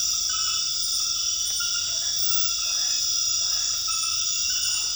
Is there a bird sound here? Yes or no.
no